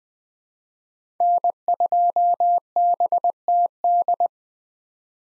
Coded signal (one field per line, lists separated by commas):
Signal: Morse code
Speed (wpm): 20 wpm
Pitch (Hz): 700 Hz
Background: none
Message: N2BTD